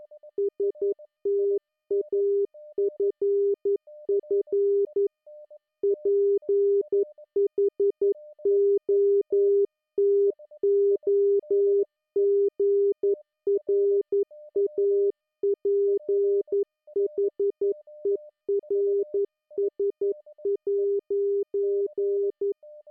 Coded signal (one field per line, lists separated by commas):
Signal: Morse code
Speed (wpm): 11 wpm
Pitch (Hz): 400 Hz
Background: music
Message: STAFF PHOTOGRAPHERS'